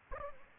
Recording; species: mosquito wingbeat signal from an infrared sensor; Aedes aegypti